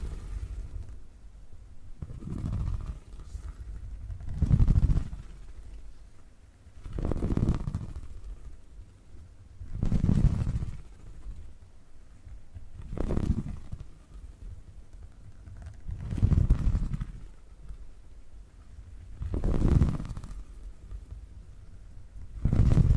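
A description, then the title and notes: Purring rumbles low and steady, swelling in regular waves about every two and a half seconds as each breath cycles in and out. Every swell brings a brief soft rush higher up, and a quieter hum carries on between them. Purring Triggers.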